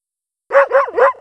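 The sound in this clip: Dog barking, three quick barks in a row after a brief silence.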